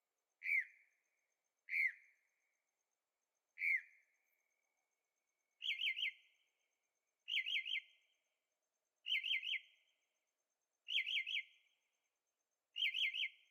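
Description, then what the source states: Bird song: three single slurred notes, then a run of triple chirped phrases repeated about every two seconds. Singing at night in Carefree, Arizona; recorded with a Zoom H6 and stereo microphones.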